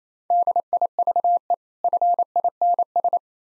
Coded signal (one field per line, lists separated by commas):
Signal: Morse code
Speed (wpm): 28 wpm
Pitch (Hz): 700 Hz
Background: none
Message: DIVE FINS